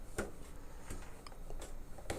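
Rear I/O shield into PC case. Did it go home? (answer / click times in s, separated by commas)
no / none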